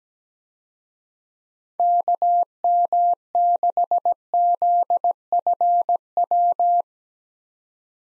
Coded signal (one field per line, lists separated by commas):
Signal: Morse code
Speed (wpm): 17 wpm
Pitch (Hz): 700 Hz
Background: none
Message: KM6ZFW